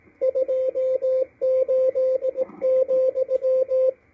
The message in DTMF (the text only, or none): none